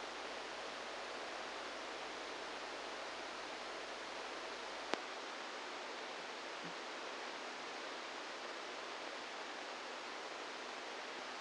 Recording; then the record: brain microelectrode recording played as sound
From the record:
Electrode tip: inside the subthalamic nucleus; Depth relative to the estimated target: -1 mm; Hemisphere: right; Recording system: NeuroSet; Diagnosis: Parkinson's disease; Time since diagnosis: 10 years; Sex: male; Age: 63 years